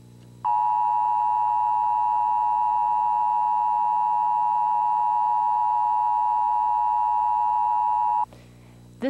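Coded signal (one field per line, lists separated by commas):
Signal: Emergency Alert System (SAME) tones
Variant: 853 and 960 Hz attention tone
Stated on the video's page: EBS training recreation showing how a broadcast station ran an Emergency Broadcast System test in 1990.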